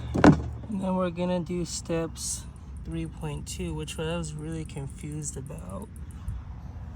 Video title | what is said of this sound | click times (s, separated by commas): 15ft Worricrow Animatronic Unboxing/Setup - Home Depot | twist it until it locks in place. | 0.2 s